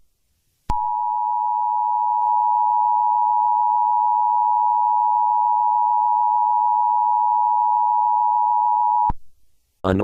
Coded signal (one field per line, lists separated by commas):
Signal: Emergency Alert System (SAME) tones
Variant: 853 and 960 Hz attention tone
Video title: The Backrooms EAS Scenario